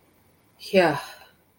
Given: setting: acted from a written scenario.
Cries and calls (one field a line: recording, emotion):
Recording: vocal sound without words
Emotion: relief